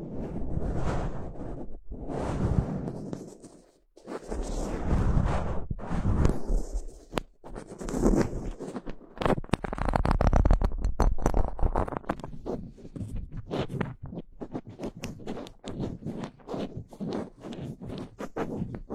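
Fingers scratch and rub across a microphone, making rough, scraping noise that swells and fades in bursts through the first half. After about ten seconds the scratching turns into quick, regular taps and scrapes, dense and uneven, with brief pauses between strokes.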